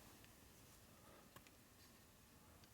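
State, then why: Not seated. A thumb presses on an O-ringed engine part going into the motor case of a 1992 Harley FXR Evolution 88ci motor rebuild, while the O-ring is worked up and the part binds in its bore. Only faint ticks and light handling noises are heard over a steady low background. Nothing has seated or popped into place yet.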